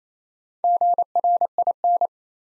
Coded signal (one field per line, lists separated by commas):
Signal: Morse code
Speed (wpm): 27 wpm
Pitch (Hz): 700 Hz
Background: none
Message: GRIN